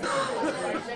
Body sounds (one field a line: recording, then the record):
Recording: coughing mixed with background sound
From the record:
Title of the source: female coughing - coughing sound effects girl